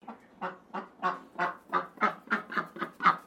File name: BIRD DUCK PEKING QUACK